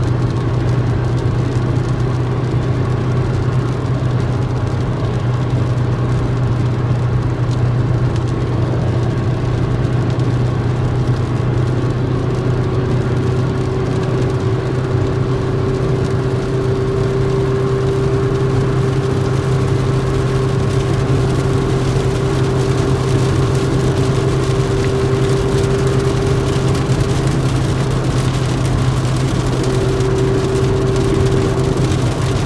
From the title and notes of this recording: Rainy car rides I have known and loved. Various recordings of rain on car roof and windshield, recorded by Dan Bodah in 2003.